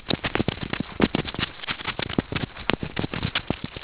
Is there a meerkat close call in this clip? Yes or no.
no